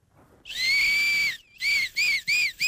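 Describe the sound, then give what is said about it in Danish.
A shrill, reedy whistle blown through a maple leaf in a forest: one long sustained tone with a slight wavering pitch, then a series of shorter bursts separated by brief gaps, loud and alone. “Men det lyder lidt mere fløjteagtigt end en græsstrå.”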